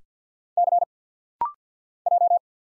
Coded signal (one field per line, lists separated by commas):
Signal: Morse code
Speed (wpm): 49 wpm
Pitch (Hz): 700 Hz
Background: none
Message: C J